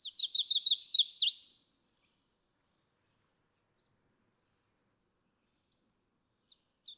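Chestnut-sided warbler song: a quick series of bright, slurred high notes ending in an emphatic flourish, followed by long silence and two faint chips at the end.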